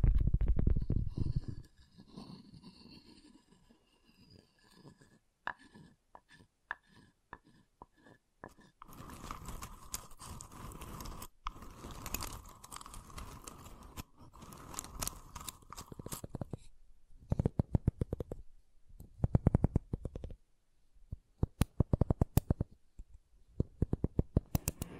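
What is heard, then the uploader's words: Wooden tapping and scraping triggers start with a low thump, then a run of sparse, regular light taps. Around 9 to 16 seconds a dense, bright scratching rubs steadily across the wood. After that come irregular sharp knocks and clicks separated by short silences. ASMR Calming Wood Triggers for Sleep (No Talking).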